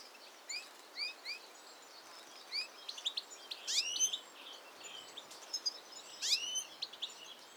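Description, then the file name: European goldfinch calls: a few soft whistled notes about every half second, then a denser burst of bright twittering and upslurred chirps. "Carduelis carduelis"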